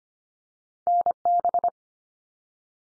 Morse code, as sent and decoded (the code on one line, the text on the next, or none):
-. -...
NB